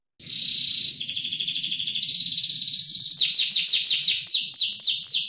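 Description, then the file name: Canary song: a rapid high trill rolling for under a second, then a buzzy rattle, breaking into a string of quick downward-swept whistled notes. Standard canary song. "suara-kicauan-kenari-standar 5-omkicau"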